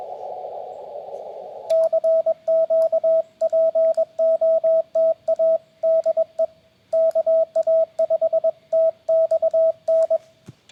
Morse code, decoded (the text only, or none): CQ POTA DE KA5TXN